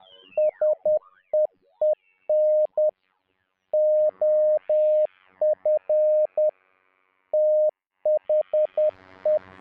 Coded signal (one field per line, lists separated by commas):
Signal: Morse code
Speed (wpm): 10 wpm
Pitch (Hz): 610 Hz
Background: music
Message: SEEN OF THE